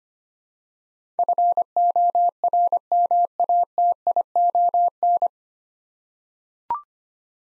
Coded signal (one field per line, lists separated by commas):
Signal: Morse code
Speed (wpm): 25 wpm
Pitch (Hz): 700 Hz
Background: none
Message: FORMATION